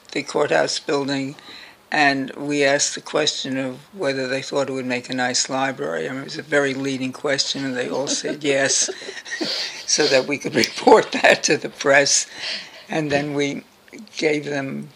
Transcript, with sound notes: the courthouse building, and we asked the question of whether they thought it would make a nice library. It was a very leading question and they all said yes— [laughter] —so that we could report that to the press, and then we gave them